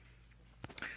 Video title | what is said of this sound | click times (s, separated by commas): Mini me Guillotine - Blade Pass Thru Version (Custom) | make sure that this is in the right position so when this falls this does lock into place you | 0.6 s, 0.8 s